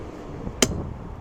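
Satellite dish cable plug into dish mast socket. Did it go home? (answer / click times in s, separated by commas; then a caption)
yes / 0.6 s. A keyed cable plug, lined up with its groove, is pushed into the mast socket of a Starlink satellite dish. A single sharp click at 0.6 s shows the connector seating in place against a low steady background.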